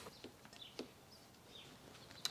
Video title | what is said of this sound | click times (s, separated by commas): Oil Change - 2018 Volkswagen Atlas - 3.6L (2018-2023) - Lubrication System Service - Oil and Filter | I can then seat that new filter in. And we can hear it click. | 2.3 s